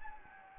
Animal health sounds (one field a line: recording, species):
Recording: mosquito wingbeat signal from an infrared sensor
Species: Anopheles gambiae